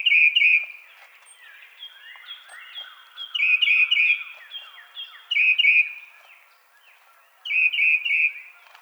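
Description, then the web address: Tufted titmouse repeating short bursts of three or four bright whistled notes every couple of seconds, with quieter chattering notes in between. Recorded on 24 March 2007. "Tufted Titmouse 2007 03 24"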